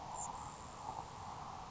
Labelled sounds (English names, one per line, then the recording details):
Grasshopper Sparrow
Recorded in Sonoma County, California